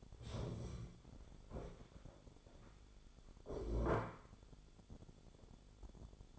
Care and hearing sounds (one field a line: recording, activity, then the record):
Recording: daily activity, microphone in the room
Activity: stand up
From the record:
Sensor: 5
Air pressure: 1015.3 hPa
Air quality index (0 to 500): 192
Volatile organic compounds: 8 ppm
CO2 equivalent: 2084 ppm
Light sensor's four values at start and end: 35/80/32/31 and 35/80/32/31